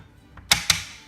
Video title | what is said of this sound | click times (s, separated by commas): TypewriterMinutes-Typewriter Review: 1979 Brother Deluxe 1350 | we'll go ahead and put cover back on like that and you'll hear it click down into place | 0.5 s